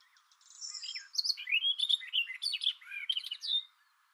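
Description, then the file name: Barred warbler song, a fast rambling warble of scratchy and sweeter notes, rising and falling, lasting about three seconds without a break. "karvalyposzata hangja"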